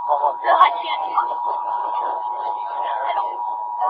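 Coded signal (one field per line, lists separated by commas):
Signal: Emergency Alert System (SAME) tones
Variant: 853 and 960 Hz attention tone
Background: speech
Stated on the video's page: Required Monthly Test relayed on HOT 103.7 FM, recorded on a bus with background noise.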